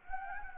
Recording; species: mosquito wingbeat signal from an infrared sensor; Anopheles gambiae